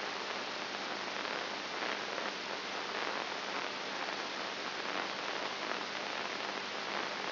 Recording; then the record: brain microelectrode recording played as sound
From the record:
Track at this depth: inside the subthalamic nucleus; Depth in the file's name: 5.5 mm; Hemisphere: right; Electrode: 2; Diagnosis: Parkinson's disease